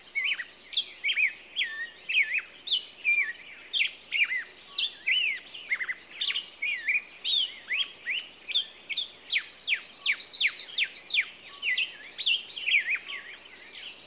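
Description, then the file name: Songbirds singing in a busy chorus, with quick chirps, high trills and down-slurred whistles repeating in bursts, over a soft steady hiss. Morning songbirds. "Echoes Of Nature-Morning Songbirds"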